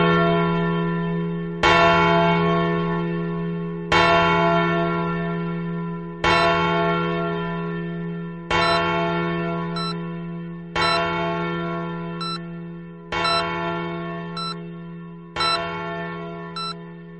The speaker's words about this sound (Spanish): Y las campanadas de Nochevieja fueron amargas.